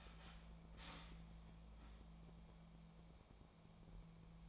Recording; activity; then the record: daily activity, microphone in the room; start toaster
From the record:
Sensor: 1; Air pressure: 1000.3 hPa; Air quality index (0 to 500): 156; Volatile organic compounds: 3 ppm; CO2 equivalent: 1455 ppm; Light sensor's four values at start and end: 30/76/32/38 and 30/76/32/38